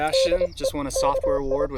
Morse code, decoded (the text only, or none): DE KI